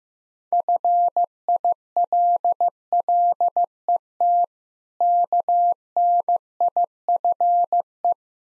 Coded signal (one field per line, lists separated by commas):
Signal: Morse code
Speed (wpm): 15 wpm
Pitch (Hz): 700 Hz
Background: none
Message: FILLET KNIFE